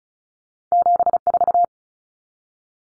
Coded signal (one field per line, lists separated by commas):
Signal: Morse code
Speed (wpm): 34 wpm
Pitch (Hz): 700 Hz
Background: none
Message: 74